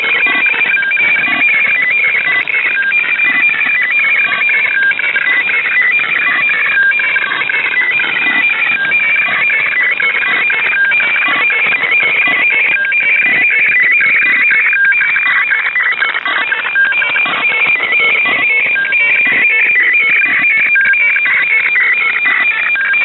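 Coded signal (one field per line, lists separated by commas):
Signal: weather fax (radiofax)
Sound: steady warbling, scratchy tone with a rhythmic ticking, repeating twice a second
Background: radio static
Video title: Joint Operational Meteorology & Oceanography Centre (JOMOC) weatherfax transmission - FAX 2618.5 kHz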